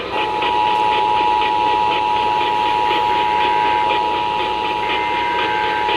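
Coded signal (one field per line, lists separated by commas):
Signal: Emergency Alert System (SAME) tones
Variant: 853 and 960 Hz attention tone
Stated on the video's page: Areal flood warning and flash flood statement received on seven stations.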